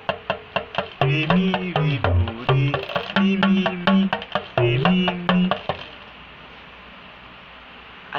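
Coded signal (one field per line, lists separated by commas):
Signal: talking drum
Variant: Yoruba dùndún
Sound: rapid drum strokes with gliding, speech-like pitch for six seconds, then quiet room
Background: quiet room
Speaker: the proverb we're going to form with the basics today is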